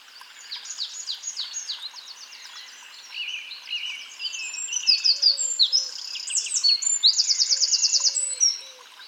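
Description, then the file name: Eurasian wren song, a long rapid outpouring of high sharp notes and fast buzzy trills, ending in a loud even rattle. "Troglodytes troglodytes"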